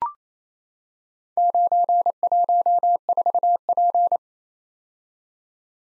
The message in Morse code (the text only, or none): 914P